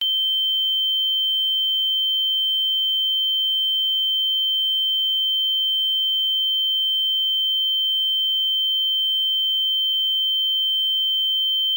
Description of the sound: Tinnitus.